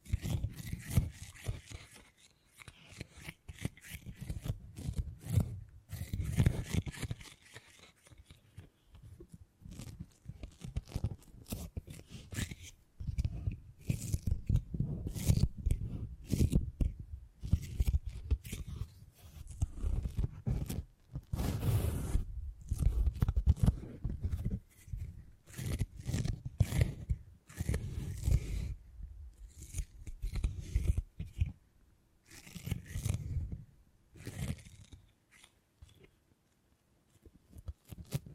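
Beeswax being handled for tingly sounds: soft rubbing and crinkly, tearing-like crackles come in dense, irregular bursts with short quiet gaps. Sharp bright clicks and crunches pop out often, especially around 20 to 32 seconds, over a low, soft rumble.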